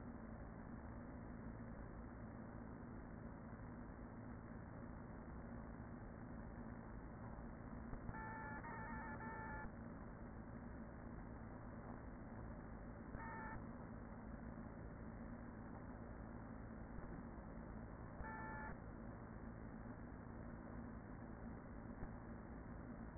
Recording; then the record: honeybee colony, microphone inside the hive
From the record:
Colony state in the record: queen present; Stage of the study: after two queens were removed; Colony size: about 40,000 bees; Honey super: no